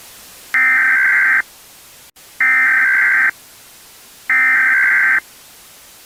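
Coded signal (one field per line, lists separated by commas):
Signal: Emergency Alert System (SAME) tones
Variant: header bursts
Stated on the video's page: Fictional scenario made for entertainment; alerts are made up.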